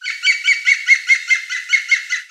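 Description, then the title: European green woodpecker giving its laughing call: a rapid series of about ten loud, ringing notes, evenly spaced roughly five per second, steady in pitch, with no other sounds. "Mes piafs. Pic Vert"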